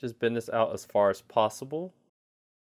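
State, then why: Not seated. A plastic side hip armor piece for an action figure is being handled, its tab bent outward before it is pushed onto the right side of the figure. Someone talks throughout, with silence after about 2.0 seconds. Nothing has seated or clicked yet.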